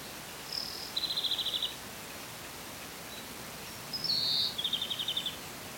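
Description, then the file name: European greenfinch giving a short clear note followed by a rapid dry trill, then a wheezy nasal call leading straight into a second trill. "Chloris chloris"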